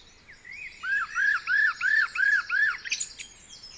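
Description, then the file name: Common blackbird: six matching arched whistles, evenly spaced about a third of a second apart, with faint high twittering. "Turdus merula"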